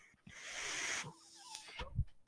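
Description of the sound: A rushing, airy hiss swells for under a second, then fades into quieter background with a faint steady tone and a few low thumps. It is a single delivered breath from an adult's home mechanical ventilator.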